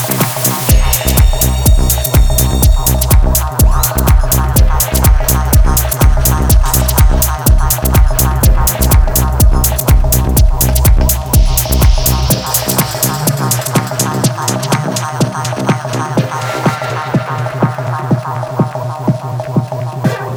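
A techno effects passage: a steady, fast four-on-the-floor kick with crisp hi-hats drives on under a dense, busy layer of clicks and tones. Near sixteen seconds the deep low end drops out and a bright rising noise sweep washes over the beat.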